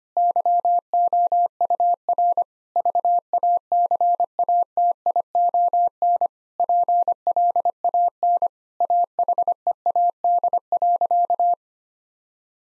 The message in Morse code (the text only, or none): YOUR VACATION PLAN AHEAD.